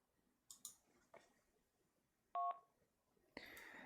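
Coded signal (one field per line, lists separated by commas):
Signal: roger beep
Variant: AllStar node courtesy tone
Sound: a few handling clicks, one short two-tone beep, then a burst of radio hiss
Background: handling clicks, radio hiss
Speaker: beep at the end of the transmission is the beep that I want to suppress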